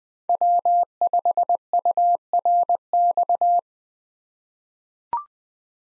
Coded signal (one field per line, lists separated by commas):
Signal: Morse code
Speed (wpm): 20 wpm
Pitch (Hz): 700 Hz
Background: none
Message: W5URX